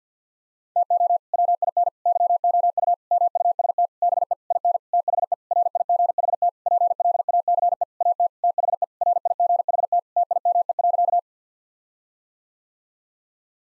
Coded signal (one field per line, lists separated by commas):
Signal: Morse code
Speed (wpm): 50 wpm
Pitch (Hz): 700 Hz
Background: none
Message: TO WIN YOU MUST BE IN THE RIGHT PLACE AT THE RIGHT TIME.